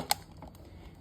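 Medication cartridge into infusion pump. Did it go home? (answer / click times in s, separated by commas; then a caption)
yes / 0.1 s. A medication cartridge is hooked onto a CADD-Solis epidural infusion pump and pressed until it latches. A single sharp, loud snap at 0.1 s marks it seating into place, followed by a few faint small ticks around 0.4–0.6 s against a quiet background.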